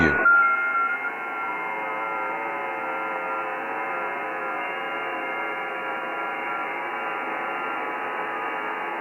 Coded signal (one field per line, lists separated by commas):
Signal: FT8